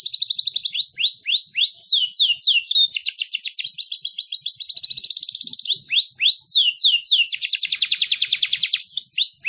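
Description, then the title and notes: Songbird song of rapid descending whistles and rolling buzzy trills, repeated in quick succession throughout. Complete masteran songbird song compilation intended for training songbirds. "Master Burung Kicau. Masteran Burung Kicau Lengkap"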